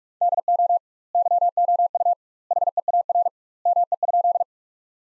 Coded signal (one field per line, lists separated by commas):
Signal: Morse code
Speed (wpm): 43 wpm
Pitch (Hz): 700 Hz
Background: none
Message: DO YOU HEAR ME?